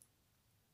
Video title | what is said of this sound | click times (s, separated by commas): How To Fix a Samsung Galaxy Tab A From a Boot Loop -- (ALL METHODS IN VIDEO) [READ DESC] | you'll hear a little click and it'll pop out there's the sd card | 0.0 s